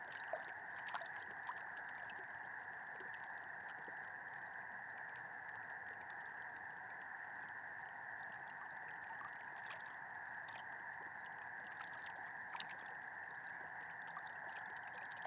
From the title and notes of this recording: This was recorded just after sunset beside Medicine Lake in Modoc National Forest, Siskiyou County, California. Frogs and toads called out in chorus on the far side of the lake as the darkness settled in and the clouds dissipated, revealing an incredibly starry sky. Nightfall Beside Medicine Lake.